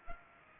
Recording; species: mosquito wingbeat signal from an infrared sensor; Culex pipiens